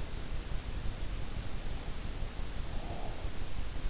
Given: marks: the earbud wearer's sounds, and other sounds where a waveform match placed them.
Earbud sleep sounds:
sounds in sleep by an in-ear microphone; breath
2.47-3.82 s: breath

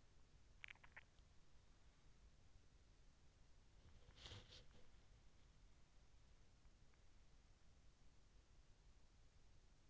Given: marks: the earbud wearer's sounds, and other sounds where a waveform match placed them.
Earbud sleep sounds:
sounds in sleep by an in-ear microphone; swallowing, body movement
0.00-1.17 s: swallowing
3.77-5.20 s: body movement

